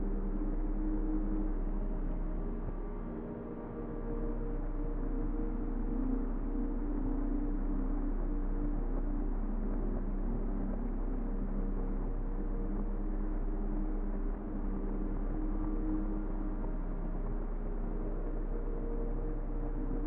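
Ambient sleep music made of soft, sustained low and middle tones that hold steady and blend into a continuous drone, with a gently resonant, gong-like ring. A deep hum sits underneath, and the sound stays muffled with no bright top, barely changing throughout.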